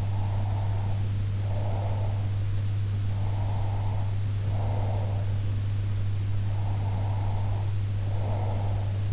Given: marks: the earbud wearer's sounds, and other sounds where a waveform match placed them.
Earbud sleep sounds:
sounds in sleep by an in-ear microphone; breath
0.00-2.37 s: breath
3.23-5.29 s: breath
6.51-9.06 s: breath

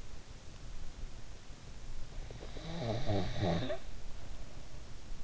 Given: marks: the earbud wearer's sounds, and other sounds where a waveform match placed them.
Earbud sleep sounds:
sounds in sleep by an in-ear microphone; snoring breath
2.13-5.23 s: snoring breath

